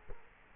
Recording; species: mosquito wingbeat signal from an infrared sensor; Culex quinquefasciatus